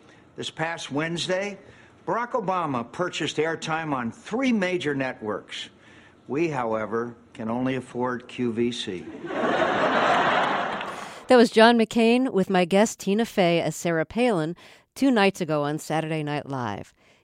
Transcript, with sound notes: This past Wednesday,
Barack Obama purchased airtime on three major networks. We, however, can only afford QVC.
(Soundbite of laughter)
That was John McCain with my guest, Tina Fey, as Sarah Palin two nights ago on "Saturday Night Live."